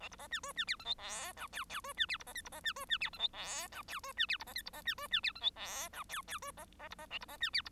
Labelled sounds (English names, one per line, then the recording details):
Bengalese Finch song
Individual Bird1